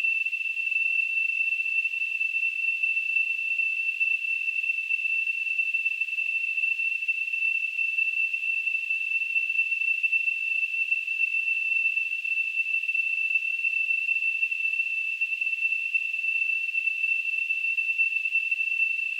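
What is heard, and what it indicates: A steady, unbroken high-pitched whistle near 2.8 kHz with a faint hiss around it, unchanged for about 19 seconds. It is a simulated tinnitus sound, imitating the constant ringing a person with tinnitus hears.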